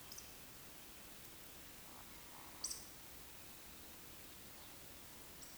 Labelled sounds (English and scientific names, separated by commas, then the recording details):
Eurasian Woodcock (Scolopax rusticola) whistle, Eurasian Woodcock (Scolopax rusticola) croak
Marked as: whistle, croak, whistle, whistle
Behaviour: display flight
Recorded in Baden-Württemberg, Germany, on 16 June 2021 at 19:47 UTC
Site 20675, 466 m above sea level